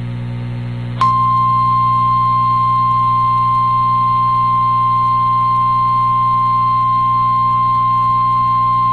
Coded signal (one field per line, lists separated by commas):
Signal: Emergency Alert System (SAME) tones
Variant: 1050 Hz attention tone